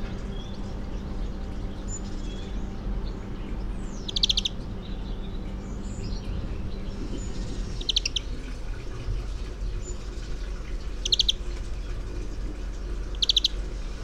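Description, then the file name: European greenfinch giving quick chattering trills of clipped notes, four separate bursts spread across the recording, with constant low-pitched background noise throughout. "Chloris chloris"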